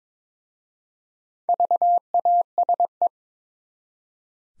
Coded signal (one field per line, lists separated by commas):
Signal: Morse code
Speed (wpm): 22 wpm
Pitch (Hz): 700 Hz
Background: none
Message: VASE